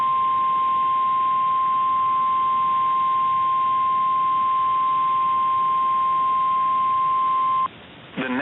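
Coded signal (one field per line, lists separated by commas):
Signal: Emergency Alert System (SAME) tones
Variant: 1050 Hz attention tone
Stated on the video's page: PDS severe thunderstorm warning on NOAA weather radio station KIH61.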